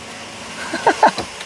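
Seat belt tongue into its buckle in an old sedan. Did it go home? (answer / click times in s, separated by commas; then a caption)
no / none. Inside an old pre-merger AMG sedan that sat for 27 years, the driver pulls the seat belt across and pushes its metal tongue toward the buckle. Soft rustling and a few short handling knocks are heard, the loudest near 1.0 s and 1.2 s. The clip ends before the tongue latches, so nothing has seated or clicked yet.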